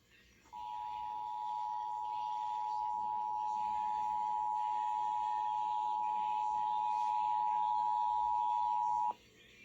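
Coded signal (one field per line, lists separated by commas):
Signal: Emergency Alert System (SAME) tones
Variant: 853 and 960 Hz attention tone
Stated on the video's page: Real required monthly and weekly EAS tests received off-air from FM broadcast stations.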